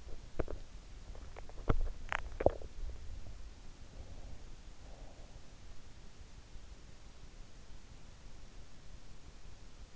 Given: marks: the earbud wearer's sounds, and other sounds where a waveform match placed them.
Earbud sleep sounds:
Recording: sounds in sleep by an in-ear microphone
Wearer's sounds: teeth grinding, breath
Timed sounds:
0.00-2.92 s: teeth grinding
3.73-5.47 s: breath

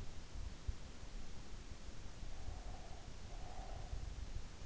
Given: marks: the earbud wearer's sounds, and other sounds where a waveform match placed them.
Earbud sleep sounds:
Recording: sounds in sleep by an in-ear microphone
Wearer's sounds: breath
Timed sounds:
2.51-3.82 s: breath

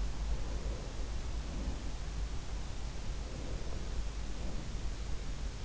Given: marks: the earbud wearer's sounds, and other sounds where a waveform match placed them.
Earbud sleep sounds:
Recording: sounds in sleep by an in-ear microphone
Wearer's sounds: breath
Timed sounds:
0.49-1.96 s: breath
3.24-4.78 s: breath

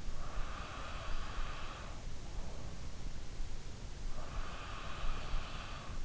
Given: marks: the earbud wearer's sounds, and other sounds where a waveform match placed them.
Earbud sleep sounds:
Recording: sounds in sleep by an in-ear microphone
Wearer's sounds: breath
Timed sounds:
0.24-2.37 s: breath
4.11-6.05 s: breath

